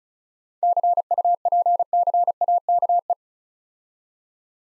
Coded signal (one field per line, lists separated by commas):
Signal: Morse code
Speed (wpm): 36 wpm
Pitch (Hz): 700 Hz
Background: none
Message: CUPCAKE